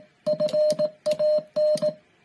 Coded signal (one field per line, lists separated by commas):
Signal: Morse code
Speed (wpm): 18 wpm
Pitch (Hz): 610 Hz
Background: music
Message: FAN